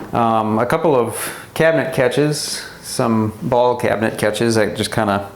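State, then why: Not seated. A ball-type cabinet catch for a shadowbox door is handled while someone talks, with the catch meant to lock into its strike to hold the door closed. Only speech and faint handling sounds are heard, and the clip ends before the catch snaps home, so nothing has seated or clicked yet.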